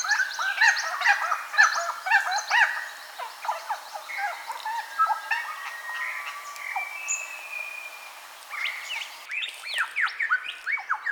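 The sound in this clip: Superb lyrebird song, a dense, busy jumble of sharp downslurred whistles and chips at varied pitches, with a brief steady tone midway and a fresh burst of notes near the end.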